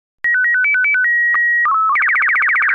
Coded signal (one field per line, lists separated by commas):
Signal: SSTV (slow-scan television)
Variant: Robot BW 8